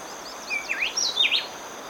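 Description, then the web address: Speckle-breasted wren song, a quick run of clear whistled notes swooping up and down, over a steady high insect drone. Ecuador. "S America Birds of Ecuador. Speckle-breasted Wren"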